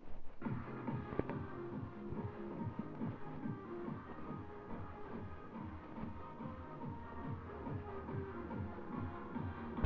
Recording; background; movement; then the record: deep breathing; music; walking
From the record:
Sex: female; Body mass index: 36.4 kg/m2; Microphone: on the chest, facing the body